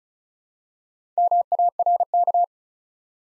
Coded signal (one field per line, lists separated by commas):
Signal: Morse code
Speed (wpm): 36 wpm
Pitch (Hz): 700 Hz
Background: none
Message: MARK